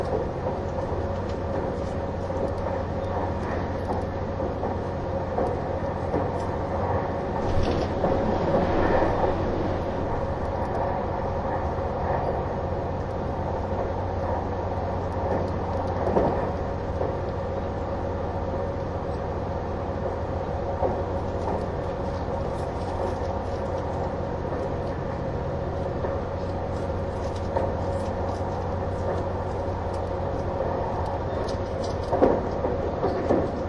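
Steady running sound inside a train's green car, a constant low engine rumble blended with a motor hum and a fixed whining tone. Brief louder swells and clatters come around 8–9, 16 and 33 seconds, with faint voices underneath.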